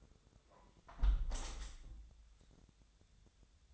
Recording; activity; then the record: daily activity, microphone in the room; close window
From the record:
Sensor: 3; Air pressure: 1014.8 hPa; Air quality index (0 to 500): 25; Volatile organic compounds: 0 ppm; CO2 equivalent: 501 ppm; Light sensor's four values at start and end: 10/23/9/9 and 10/22/9/9